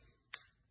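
A plastic spinning-top toy layer is pushed and twisted onto its mating plastic piece during assembly. A single sharp, bright click sounds at 0.3 s over a quiet background, and the layers are seated together.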